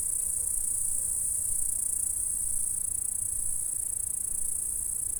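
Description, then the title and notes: Insects stridulating in a continuous, high-pitched shimmering hiss that holds steady throughout, with a soft low rumble underneath. "Saint-François-de-Sales, France - insectes. Stridulations dans la prairie. Enregistreur ZoomH4"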